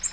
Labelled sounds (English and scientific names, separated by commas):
Nashville Warbler (Leiothlypis ruficapilla) flight call